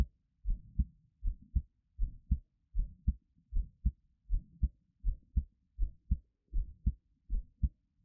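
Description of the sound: Steady paired low thumps, a louder first sound followed closely by a second, repeat at about 78 beats a minute with an even rhythm. It is an ordinary adult heartbeat heard up close, with no talking or other sounds in the background.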